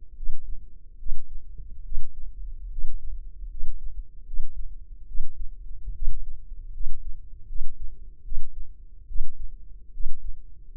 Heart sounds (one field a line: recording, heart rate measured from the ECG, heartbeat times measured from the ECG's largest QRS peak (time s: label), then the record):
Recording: heart sounds by microphone in the left ear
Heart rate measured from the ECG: 74 bpm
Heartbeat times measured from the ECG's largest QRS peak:
0.14 s: heartbeat
0.97 s: heartbeat
1.82 s: heartbeat
2.69 s: heartbeat
3.48 s: heartbeat
4.24 s: heartbeat
5.05 s: heartbeat
5.92 s: heartbeat
6.71 s: heartbeat
7.46 s: heartbeat
8.22 s: heartbeat
9.06 s: heartbeat
9.91 s: heartbeat
10.71 s: heartbeat
From the record:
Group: healthy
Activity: rest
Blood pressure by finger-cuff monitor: 131/79 mmHg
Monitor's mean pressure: 98 mmHg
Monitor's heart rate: 74 bpm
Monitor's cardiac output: 6.1 L/min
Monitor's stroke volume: 85 mL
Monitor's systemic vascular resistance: 1150 dyn s/cm5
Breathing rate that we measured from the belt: 18 breaths a minute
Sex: male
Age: 21 years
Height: 180 cm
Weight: 67.5 kg